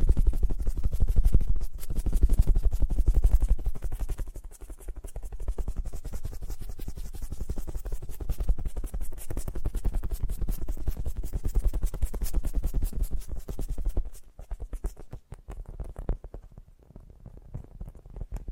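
Fast, gentle tapping in a dense, steady patter, louder and fuller in the first five seconds, then softer, thinning out near fourteen seconds.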